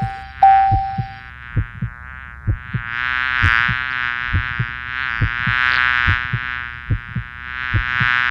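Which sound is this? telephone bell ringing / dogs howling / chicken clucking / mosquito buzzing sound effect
mosquito buzzing sound effect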